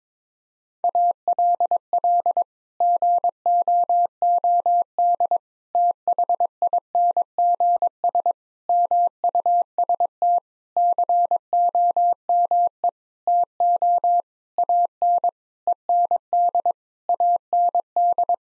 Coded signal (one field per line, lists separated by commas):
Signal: Morse code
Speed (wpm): 22 wpm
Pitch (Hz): 700 Hz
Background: none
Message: ALL GOOD THINGS MUST COME TO AN END AND